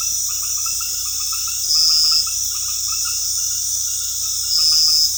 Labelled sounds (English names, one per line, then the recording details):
none
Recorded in dense forest near Puerto Asís, Putumayo, Colombia, on 19 February 2024 at 19:30
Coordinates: 0.485, -76.322
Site G6406